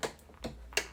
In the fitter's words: Okay, that snapped in. So now I can't pull the push pin out.